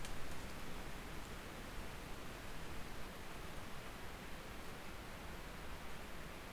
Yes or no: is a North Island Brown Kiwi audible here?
no